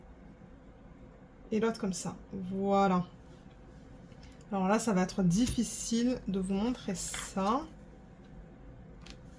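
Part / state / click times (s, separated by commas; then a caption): small plastic clip-in part into its holder / not seated / none. A small plastic clip-in part is pressed into its holder, held back for fear of breaking it, while someone talks. Only a faint tick is heard near the end. The part has not snapped in or clicked into place yet.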